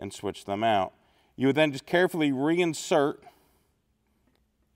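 A man talks while a wire terminal is lined up and carefully re-inserted into the plastic housing of an EFI wiring-harness connector. Only speech is heard, with a faint tick near 4.3 seconds. The terminal has not clicked or seated into the housing yet.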